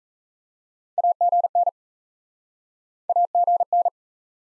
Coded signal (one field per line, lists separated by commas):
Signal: Morse code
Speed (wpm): 40 wpm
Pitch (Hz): 700 Hz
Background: none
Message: AGN AGN